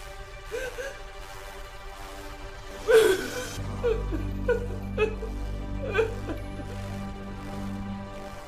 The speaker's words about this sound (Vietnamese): Tiếng khóc, tiếng kêu gào ai oán vang lên không ngớt.